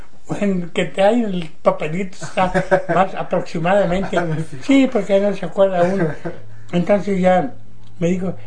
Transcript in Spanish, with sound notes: Bueno, el que trae el papelito está más aproximadamente. (risas) Sí porque ya no se acuerda uno. Entonces ya me dijo: